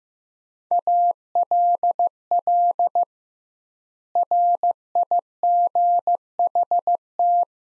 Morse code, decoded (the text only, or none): ALL RIGHT